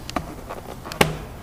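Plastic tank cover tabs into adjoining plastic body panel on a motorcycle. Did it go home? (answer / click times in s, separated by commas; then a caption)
yes / 1.0 s. Forward tabs of a plastic fuel tank cover on a Ducati Hypermotard 796 motorcycle, being fitted for a large tank install, are pushed down into the adjoining plastic body panel. A few faint ticks of plastic pressure come first, then a sharp, loud snap at 1.0 s as the tabs seat into place.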